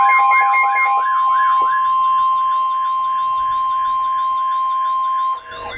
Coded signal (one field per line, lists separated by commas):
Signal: Emergency Alert System (SAME) tones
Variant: 1050 Hz attention tone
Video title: Severe Thunderstorm Warning - EAS #594